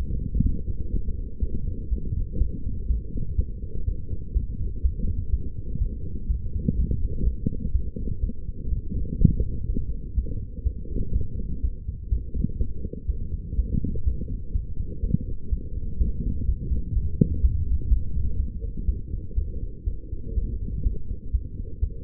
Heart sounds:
heart sounds by stethoscope; 123 bpm
0.43 s: heartbeat
0.91 s: heartbeat
1.40 s: heartbeat
1.90 s: heartbeat
2.39 s: heartbeat
2.88 s: heartbeat
3.36 s: heartbeat
3.85 s: heartbeat
4.34 s: heartbeat
4.82 s: heartbeat
5.31 s: heartbeat
5.79 s: heartbeat
6.28 s: heartbeat
6.76 s: heartbeat
7.24 s: heartbeat
7.73 s: heartbeat
8.21 s: heartbeat
8.70 s: heartbeat
9.18 s: heartbeat
9.67 s: heartbeat
10.15 s: heartbeat
10.64 s: heartbeat
11.13 s: heartbeat
11.62 s: heartbeat
12.10 s: heartbeat
12.58 s: heartbeat
13.07 s: heartbeat
13.56 s: heartbeat
14.04 s: heartbeat
14.53 s: heartbeat
15.01 s: heartbeat
15.50 s: heartbeat
15.98 s: heartbeat
16.46 s: heartbeat
16.94 s: heartbeat
17.41 s: heartbeat
17.89 s: heartbeat
18.37 s: heartbeat
18.87 s: heartbeat
19.36 s: heartbeat
19.85 s: heartbeat
20.35 s: heartbeat
20.84 s: heartbeat
21.32 s: heartbeat
21.81 s: heartbeat
From the record:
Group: healthy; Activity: light exercise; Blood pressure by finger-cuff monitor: 127/88 mmHg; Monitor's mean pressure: 101 mmHg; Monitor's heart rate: 123 bpm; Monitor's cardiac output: 8.5 L/min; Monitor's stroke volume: 69 mL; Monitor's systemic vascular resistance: 880 dyn s/cm5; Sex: female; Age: 22 years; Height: 161 cm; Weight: 65.5 kg

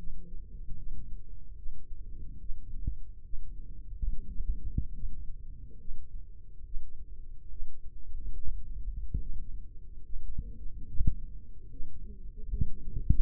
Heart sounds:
heart sounds by microphone in the left ear; 72 bpm
0.77 s: heartbeat
1.58 s: heartbeat
2.40 s: heartbeat
3.25 s: heartbeat
4.10 s: heartbeat
4.94 s: heartbeat
5.80 s: heartbeat
6.65 s: heartbeat
7.51 s: heartbeat
8.36 s: heartbeat
9.21 s: heartbeat
10.05 s: heartbeat
10.89 s: heartbeat
11.71 s: heartbeat
12.52 s: heartbeat
From the record:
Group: healthy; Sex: male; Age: 55 years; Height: 167 cm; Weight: 57.2 kg

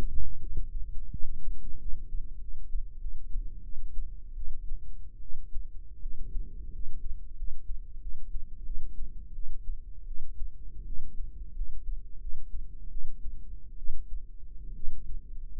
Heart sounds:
heart sounds by microphone in the right ear; 83 bpm
0.40 s: heartbeat
1.12 s: heartbeat
1.79 s: heartbeat
2.39 s: heartbeat
2.99 s: heartbeat
3.62 s: heartbeat
4.36 s: heartbeat
5.21 s: heartbeat
6.01 s: heartbeat
6.71 s: heartbeat
7.36 s: heartbeat
8.00 s: heartbeat
8.65 s: heartbeat
9.34 s: heartbeat
10.06 s: heartbeat
10.85 s: heartbeat
11.54 s: heartbeat
12.20 s: heartbeat
12.90 s: heartbeat
13.77 s: heartbeat
14.75 s: heartbeat
15.51 s: heartbeat
From the record:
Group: healthy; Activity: rest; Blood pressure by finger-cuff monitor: 106/68 mmHg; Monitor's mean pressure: 82 mmHg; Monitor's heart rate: 86 bpm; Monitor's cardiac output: 7.3 L/min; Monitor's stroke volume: 81 mL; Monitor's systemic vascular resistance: 830 dyn s/cm5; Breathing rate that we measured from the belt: 13 breaths a minute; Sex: female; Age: 22 years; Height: 157 cm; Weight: 47.6 kg

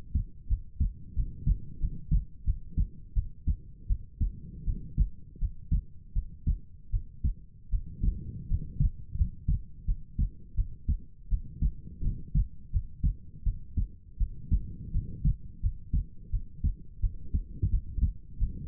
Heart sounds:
heart sounds by stethoscope; 84 bpm
0.47 s: heartbeat
1.14 s: heartbeat
1.79 s: heartbeat
2.44 s: heartbeat
3.13 s: heartbeat
3.87 s: heartbeat
4.64 s: heartbeat
5.38 s: heartbeat
6.13 s: heartbeat
6.90 s: heartbeat
7.69 s: heartbeat
8.47 s: heartbeat
9.15 s: heartbeat
9.85 s: heartbeat
10.55 s: heartbeat
11.28 s: heartbeat
12.02 s: heartbeat
12.70 s: heartbeat
13.43 s: heartbeat
14.17 s: heartbeat
14.91 s: heartbeat
15.60 s: heartbeat
16.30 s: heartbeat
17.00 s: heartbeat
17.70 s: heartbeat
18.38 s: heartbeat
From the record:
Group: healthy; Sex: female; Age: 19 years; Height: 163 cm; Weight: 48.9 kg

